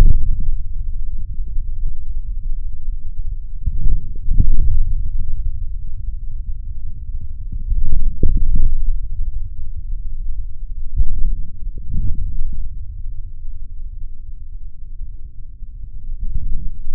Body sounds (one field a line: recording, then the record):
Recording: forearm muscle sounds (acoustic myography)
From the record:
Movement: forearm pronation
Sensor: system 3, bracelet of six PUI Audio POM-2738L microphones around the upper forearm, with dedicated amplification and filtering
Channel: 3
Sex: male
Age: 26 years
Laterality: right